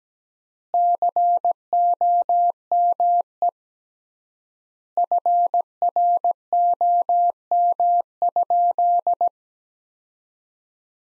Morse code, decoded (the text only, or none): COME FROM?